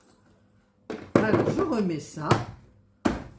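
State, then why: Seated. After failing to work out how it opens, someone puts a removable cover or part back onto a newly bought sewing machine while talking, with a soft knock of handling at 0.9 s. A single sharp knock at 3.1 s marks the part clicking back into place, and it is seated.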